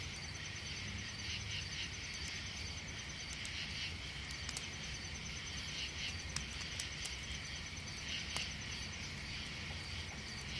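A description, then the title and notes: A steady outdoor bed of crickets chirping in a bright band, with low rumble beneath and small crackling pops scattered throughout, like a campfire. CAMPFIRE AMBIENCE. The sound of a cozy campfire and the distant chirping of crickets.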